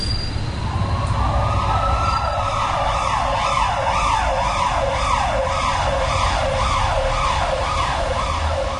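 An ambulance siren wails in repeated rising and falling sweeps, holding a steady, loud level over a low rumble of road traffic, with no voices.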